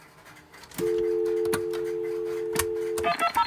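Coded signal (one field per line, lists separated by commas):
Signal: telephone call progress tone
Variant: North America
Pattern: dial tone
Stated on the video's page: Western Electric 66X rotary dial and 26XX six-button Touch-Tone card dialers.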